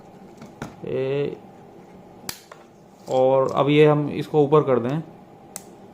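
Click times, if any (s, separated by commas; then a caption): 5.6 s. Someone talks while pushing the manual safety lever on the frame of a cocked .32 bore GSF Mark2A pistol, 2022 model, upward, with a few short ticks near 0.6 s and 2.3 s. A single sharp click at 5.6 s marks the safety locking into place, so the trigger and slide are blocked.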